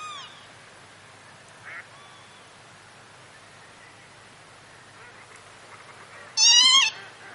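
Northern lapwing call: a single loud, wheezy, slurred note near the end, after a few faint calls over a steady background hiss.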